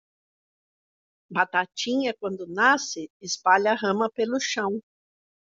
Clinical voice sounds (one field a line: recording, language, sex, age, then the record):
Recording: short text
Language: Brazilian Portuguese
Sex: female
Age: 60 to 69 years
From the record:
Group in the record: control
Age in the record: 63 years